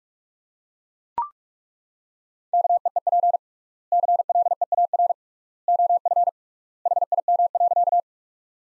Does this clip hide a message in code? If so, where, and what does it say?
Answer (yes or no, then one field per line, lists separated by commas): yes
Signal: Morse code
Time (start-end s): 2.5-8.0 s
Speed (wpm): 42 wpm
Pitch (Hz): 700 Hz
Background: none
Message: KEEP CLEAR OF HIM.